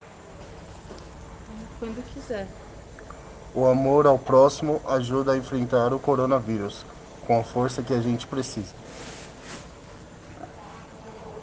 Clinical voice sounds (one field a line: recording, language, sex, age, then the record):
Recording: spoken sentence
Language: Brazilian Portuguese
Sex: male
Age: 20 to 29 years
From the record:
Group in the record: respiratory insufficiency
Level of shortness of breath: 5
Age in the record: 23 years